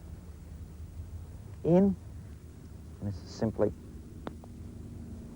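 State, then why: Seated. A rigid plastic irrigation sprinkler riser is pressed into its garden stake in the ground while someone talks. Sharp clicks are heard at 4.3 s and 4.4 s as the riser clips securely into place in the stake.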